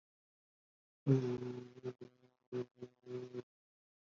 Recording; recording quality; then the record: sustained vowel as in boot; poor, much background noise or distortion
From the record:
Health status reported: COVID-19 positive, moderate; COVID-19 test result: positive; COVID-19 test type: RT-PCR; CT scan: not taken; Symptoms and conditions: cold, fever, fatigue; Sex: male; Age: 25 years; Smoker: no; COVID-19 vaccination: both doses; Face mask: worn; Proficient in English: no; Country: India